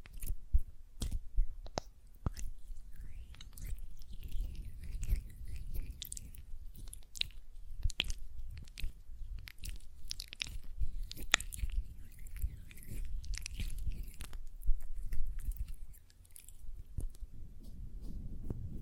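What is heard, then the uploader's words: Hands working gel lotion make a continuous run of wet, sticky squishes and smacks for the whole clip. Sharp clicks and pops arrive irregularly, several per second, over a soft low rumble of rubbing. The sounds briefly thin out around sixteen seconds before resuming. ASMR Gel Lotion Hand Sounds (No Talking).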